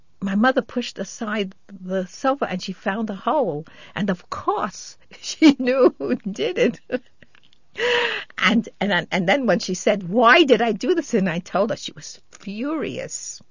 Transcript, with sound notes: my mother pushed aside the sofa, and she found the hole. And, of course, she knew who did it. ( she laughs ) And then when she said why did I do this and I told her, she was furious.